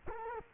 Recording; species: mosquito wingbeat signal from an infrared sensor; Culex quinquefasciatus